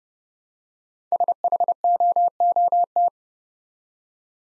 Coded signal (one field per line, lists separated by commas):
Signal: Morse code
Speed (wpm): 30 wpm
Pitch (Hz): 700 Hz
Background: none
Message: SHOOT